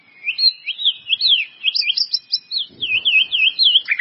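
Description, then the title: White-rumped Shama song: a continuous wavering warble of looping whistled notes, rising and falling rapidly, with a brief low rustle in the middle. "murai batu"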